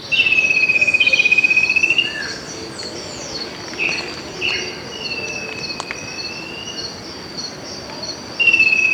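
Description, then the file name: Bird calling with drawn-out whistled notes, one near the start and another at the end, plus a softer sustained whistle in between, against continuous high insect buzzing. "SABIOD 50 bird 2015"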